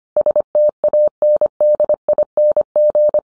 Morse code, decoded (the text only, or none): STANDING